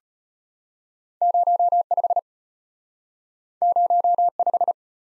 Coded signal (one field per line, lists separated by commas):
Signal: Morse code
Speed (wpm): 35 wpm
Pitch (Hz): 700 Hz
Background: none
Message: 05 05